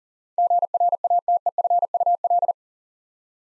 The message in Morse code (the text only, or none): GRATEFUL